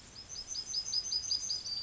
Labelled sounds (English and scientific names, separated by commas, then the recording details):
Yellowhammer (Emberiza citrinella) song
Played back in grassland
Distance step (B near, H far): E
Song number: 060